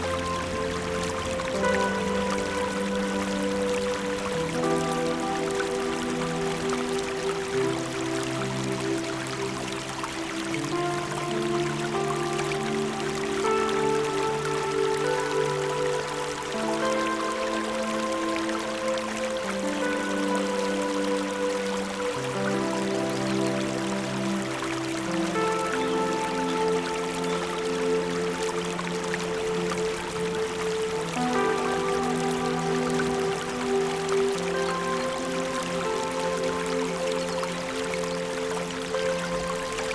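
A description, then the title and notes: Soft, slow relaxing music of long held tones, low and mid chords shifting gently every few seconds with quieter bright notes above. The level stays even throughout, over a faint, steady wash of flowing water in the background. Relaxing Music & Nature Sounds.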